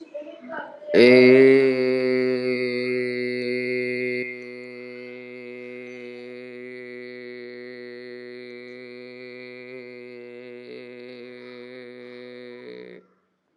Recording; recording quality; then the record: sustained vowel as in made; excellent, no background noise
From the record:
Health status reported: healthy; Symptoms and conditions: cough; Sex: male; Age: 40 years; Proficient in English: yes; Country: India